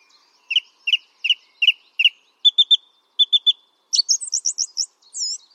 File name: Pevchij drozd - Pesnya pevchego drozda